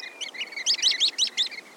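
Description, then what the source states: Sanderling calls: a quick string of short, sharp, high chip notes, several in under two seconds, over a soft hiss of background noise. Runs up the sandy beach in front of an advancing wave.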